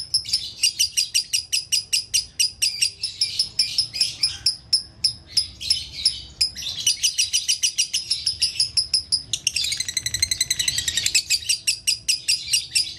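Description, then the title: Lovebird song: dense, rapid chattering chirps, with a faster trilled, warbling passage late in the sequence before the chirping picks up again. Song used to train other birds; song style known locally as konslet. "Masteran Lovebird Konslet"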